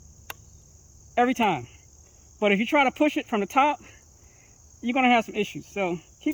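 A plastic pellet clip is pushed into the receiver of a Crosman Vapor Max pump air rifle, pressed between its center and lower portion, and a sharp click at 0.3 s marks it seating. Someone then talks over a steady high-pitched, cricket-like hum.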